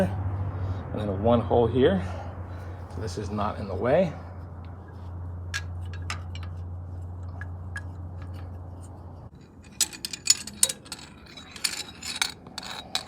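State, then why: Not seated. A small plastic fuel line retaining clip is handled at a hole drilled in the truck's sheet metal body while someone talks over a steady low hum that stops at about 9.3 s. Several sharp metallic clinks and taps follow between about 10.3 and 12.2 s. Nothing has seated or clicked yet.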